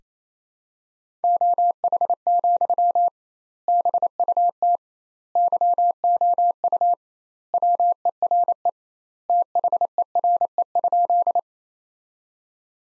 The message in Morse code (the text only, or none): OH, BUT YOU WERE THERE?